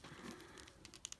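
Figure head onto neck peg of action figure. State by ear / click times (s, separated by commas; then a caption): not seated / none. Someone struggles to push the plastic head of a turtle action figure (Power Rangers Lightning Collection X TMNT Morphed Raphael) onto its neck peg. Soft crinkling and rubbing handling noises are heard, followed by a couple of brief sharp ticks near the end. The head has not seated or snapped home yet.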